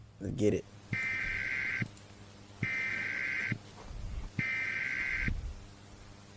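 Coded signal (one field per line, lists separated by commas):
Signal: Emergency Alert System (SAME) tones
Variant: header bursts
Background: speech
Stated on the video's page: Fictional scenario SAME tones in an analog horror piece.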